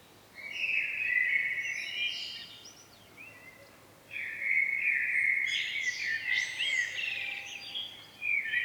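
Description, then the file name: Common blackbird song: two fluty warbled phrases split by a pause, each ending in a high twitter, then another phrase starting. "Turdus merula"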